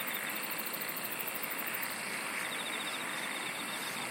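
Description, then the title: Insect song with fast ticking pulses, a high trill in the first half and another trill later, over a thick hissing background. "SINGING OF INSECTS"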